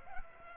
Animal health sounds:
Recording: mosquito wingbeat signal from an infrared sensor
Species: Culex pipiens

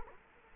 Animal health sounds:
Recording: mosquito wingbeat signal from an infrared sensor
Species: Culex quinquefasciatus

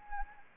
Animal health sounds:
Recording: mosquito wingbeat signal from an infrared sensor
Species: Anopheles arabiensis

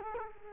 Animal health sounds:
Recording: mosquito wingbeat signal from an infrared sensor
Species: Culex quinquefasciatus

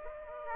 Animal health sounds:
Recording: mosquito wingbeat signal from an infrared sensor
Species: Aedes aegypti

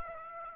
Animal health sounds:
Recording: mosquito wingbeat signal from an infrared sensor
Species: Aedes aegypti

